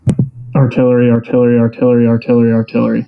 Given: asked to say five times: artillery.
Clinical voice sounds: repeated word; male; 30 to 39 years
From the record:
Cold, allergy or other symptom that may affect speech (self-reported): no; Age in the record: 30 years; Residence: Texas, United States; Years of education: 18

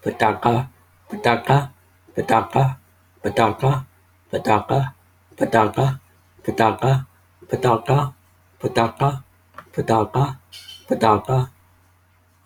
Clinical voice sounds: repeated syllables /pa ta ka/; male; 40 to 49 years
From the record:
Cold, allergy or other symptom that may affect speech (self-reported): no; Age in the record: 43 years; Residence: California, United States

